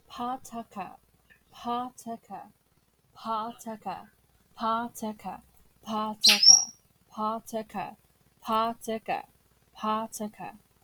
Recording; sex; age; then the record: repeated syllables /pa ta ka/; female; 20 to 29 years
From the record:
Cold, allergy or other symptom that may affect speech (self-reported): no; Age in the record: 24 years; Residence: Arkansas, United States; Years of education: 13